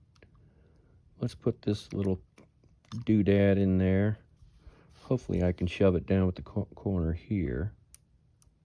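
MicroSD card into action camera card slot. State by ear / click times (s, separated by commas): seated / 7.9 s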